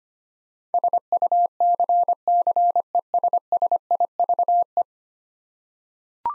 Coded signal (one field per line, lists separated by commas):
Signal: Morse code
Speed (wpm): 25 wpm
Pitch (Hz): 700 Hz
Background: none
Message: SUCCESSIVE